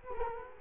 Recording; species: mosquito wingbeat signal from an infrared sensor; Culex quinquefasciatus